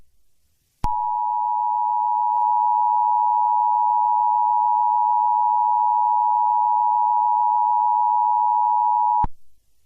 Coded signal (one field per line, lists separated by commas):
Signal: Emergency Alert System (SAME) tones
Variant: 853 and 960 Hz attention tone